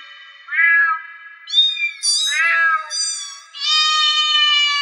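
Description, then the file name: Cat meowing in a series of cries that jump up and down in pitch, ending in a longer sustained note. "gatos"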